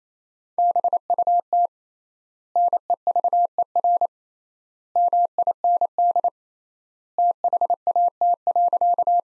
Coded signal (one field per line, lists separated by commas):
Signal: Morse code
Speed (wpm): 27 wpm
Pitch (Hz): 700 Hz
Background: none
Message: BUT NEVER MIND THAT.